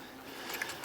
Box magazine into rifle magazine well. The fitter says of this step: rotate till it clicks